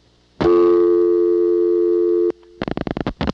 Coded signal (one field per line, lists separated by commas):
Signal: telephone call progress tone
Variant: North America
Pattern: dial tone